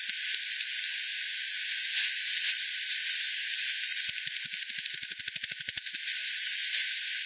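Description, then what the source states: Bat pulses: a few isolated ticks, then a quick run of about twenty clicks over two seconds, before the ticks thin out again. Multiple bats at Hogsmill River, Hogsmill Lane, 7 October 2020, 18:10; recording FD10-processed, band-pass filtered and resampled.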